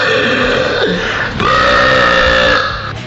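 A loud, forceful burp rumbles on for about three seconds, gravelly and throaty, its pitch wavering and dipping before it trails off. No talking over it.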